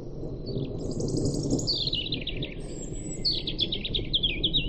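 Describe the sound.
European robin song, a continuous run of high, shimmering trills and warbled notes over steady low rumbling background noise.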